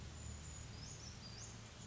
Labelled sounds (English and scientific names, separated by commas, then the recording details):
Brown Creeper (Certhia americana)
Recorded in Sonoma County, California